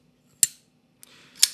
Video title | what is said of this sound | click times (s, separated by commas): This is my BEST EDC Knife - BUT HOW GOOD IS IT? | it basically clicks into place makes a really nice | 0.4 s, 1.4 s